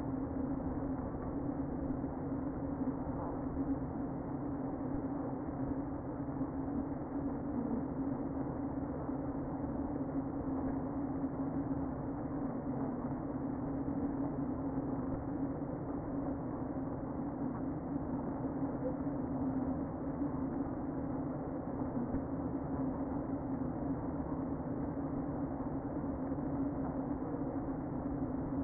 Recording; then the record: honeybee colony, microphone inside the hive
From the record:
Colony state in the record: queen present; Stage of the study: before two queens were removed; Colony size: about 60,000 bees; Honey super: yes